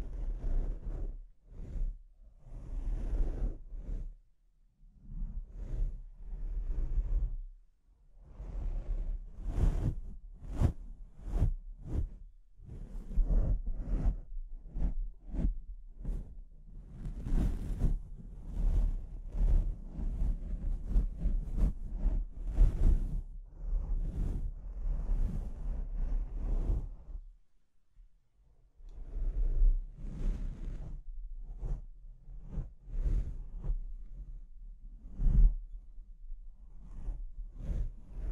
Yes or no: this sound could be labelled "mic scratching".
yes